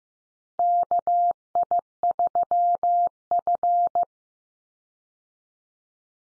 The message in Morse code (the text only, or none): KI3F